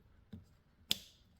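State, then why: Seated. A fuel pump relay from a C4 Corvette is lined up by its two top prongs and pushed back into its plastic socket/bracket. A faint low thump comes at 0.3 s, then a sharp, bright snap at 0.9 s that rings briefly in the high end. The relay seats with that snap at 0.9 s.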